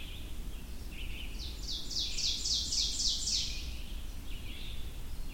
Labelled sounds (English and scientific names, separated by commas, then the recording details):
Ovenbird (Seiurus aurocapilla) song
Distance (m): 35 m
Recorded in boreal forest in Alberta, Canada, on 22 June 2016 at 05:03
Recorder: SongMeter 3, array SBT-6-76
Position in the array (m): 150 m, 114 m
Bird 3